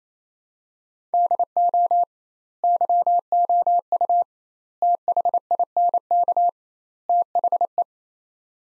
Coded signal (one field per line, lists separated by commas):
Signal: Morse code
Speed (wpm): 28 wpm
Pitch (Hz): 700 Hz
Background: none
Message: DO YOU THINK THE